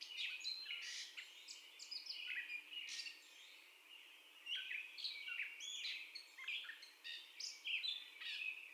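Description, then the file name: Gray catbird song: a rambling, jumbled run of varied squeaky, scratchy and whistled phrases, one after another with short gaps. First song, recorded 30 May 2021. "2021-05-30 Catbird First Song"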